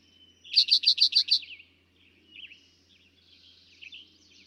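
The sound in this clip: Eastern towhee singing one bright, fast trill of about six even notes, followed by soft twittering.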